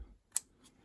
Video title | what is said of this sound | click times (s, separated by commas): Sig 227 mag catch replacement. Experiment failed !!!! | just snaps in place | 0.4 s